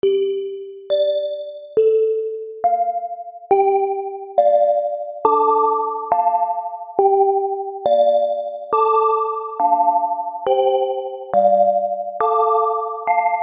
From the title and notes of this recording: Literally a ringtone, or alarm.